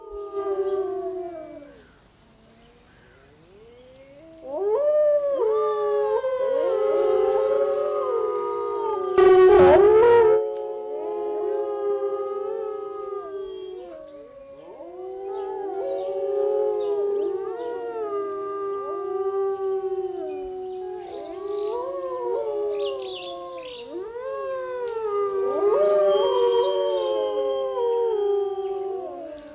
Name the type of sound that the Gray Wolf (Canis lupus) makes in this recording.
howling